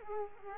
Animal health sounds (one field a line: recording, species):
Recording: mosquito wingbeat signal from an infrared sensor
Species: Culex quinquefasciatus